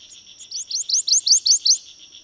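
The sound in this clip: Bird song: a run of about seven bright, rising, upslurred notes over a steady high-pitched whine.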